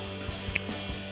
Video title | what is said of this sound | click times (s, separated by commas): 2010-2018 RAM 2500 Raxiom LED Halo Surround Headlights Review & Install | Go into there. Snap into place. Lock our tab in. | 0.6 s